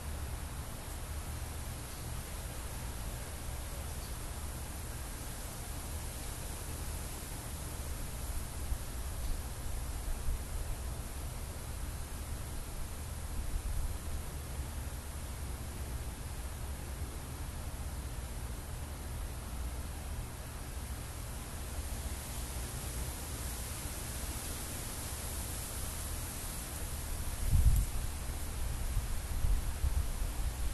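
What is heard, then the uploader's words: Wind moves through tree crowns in a steady, dense rush with a heavy low rumble underneath. The level stays fairly even, swelling slightly around the middle, then a brighter, stronger gust builds near the end, with a brief knock at about 28 seconds. 15mph gusts in the tree crowns by Juraj Kojš.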